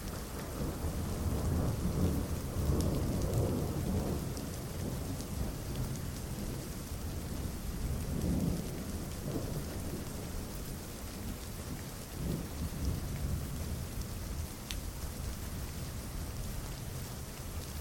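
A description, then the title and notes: A thunderstorm with steady, dense rain hissing throughout. Low rolling thunder swells up near the start, again around eight seconds, and more softly around twelve seconds, each rumble fading back into the constant downpour. Thunder Storm.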